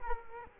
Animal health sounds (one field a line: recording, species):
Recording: mosquito wingbeat signal from an infrared sensor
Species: Culex quinquefasciatus